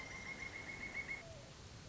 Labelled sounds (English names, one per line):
Pileated Woodpecker